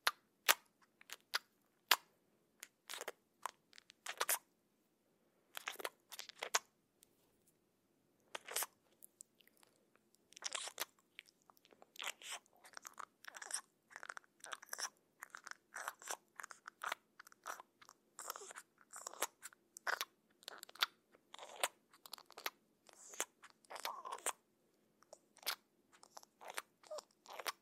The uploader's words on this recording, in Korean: BODY ASMR 쫜득쫜득 볼살소리 | cheek sounds.